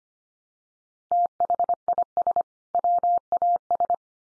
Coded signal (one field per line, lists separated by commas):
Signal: Morse code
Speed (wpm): 25 wpm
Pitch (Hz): 700 Hz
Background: none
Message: THIS WAS